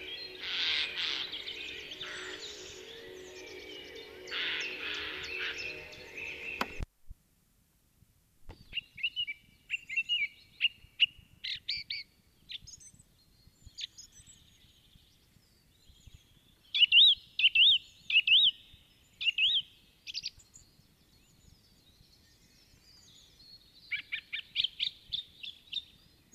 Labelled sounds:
Song Thrush (Turdus philomelos) song

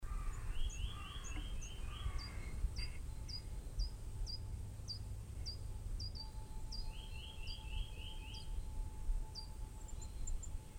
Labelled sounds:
Common Firecrest (Regulus ignicapilla) call

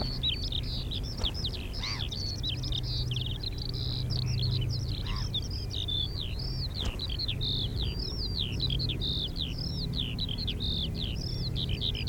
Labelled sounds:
Ruff (Philomachus pugnax) call

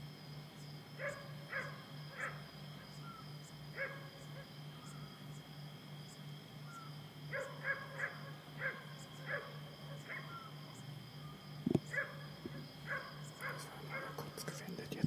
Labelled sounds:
Eurasian Scops Owl (Otus scops)

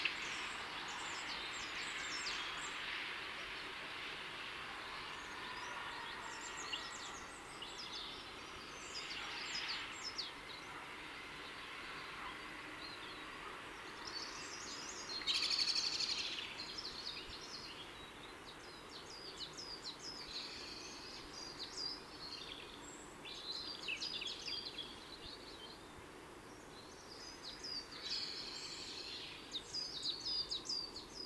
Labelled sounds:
Great Tit (Parus major) song

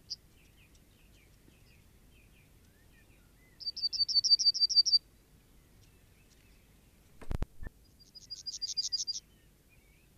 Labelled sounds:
Yellowhammer (Emberiza citrinella)

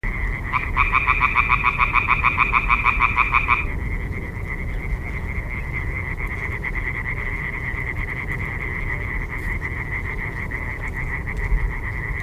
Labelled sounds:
Common Tree Frog (Hyla arborea) call

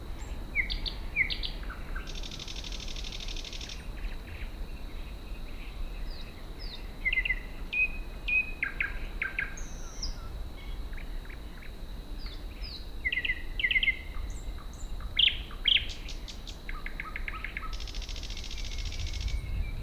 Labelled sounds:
Thrush Nightingale (Luscinia luscinia) song

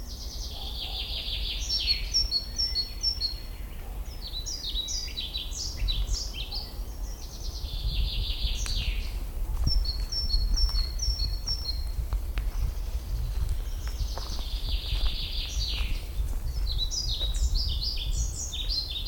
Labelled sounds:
European Pied Flycatcher (Ficedula hypoleuca) song

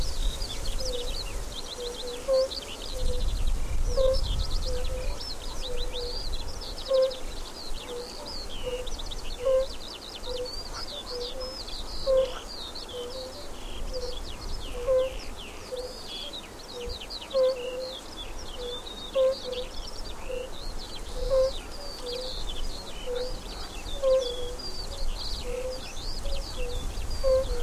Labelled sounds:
Fire-Bellied Toad (Bombina bombina) call

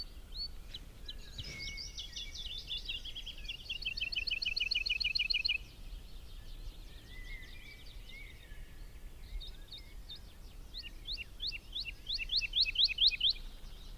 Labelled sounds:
Wood Lark (Lullula arborea) flight song

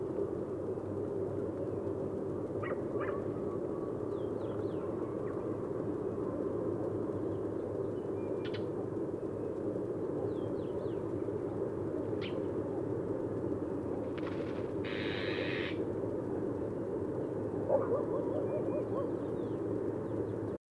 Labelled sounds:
Iberian Magpie (Cyanopica cooki) call

